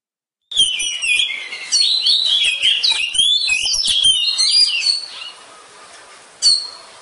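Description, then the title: Oriental magpie-robin song begins after a short silence, a dense rush of varied whistles and chattering notes that fades, then a final sharp burst. Kacer poci competition bird, national champion, singing in 'nembak' and 'ngerol' styles, seven types of song every three minutes. "Kacer Poci Gacor Nembak Dan Ngerol Juara Nasional. 7 macam suara kacer setiap 3 menit"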